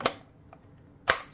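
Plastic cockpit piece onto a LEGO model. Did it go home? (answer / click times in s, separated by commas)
yes / 0.1 s, 1.1 s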